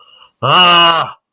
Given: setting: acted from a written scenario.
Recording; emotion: vocal sound without words; anger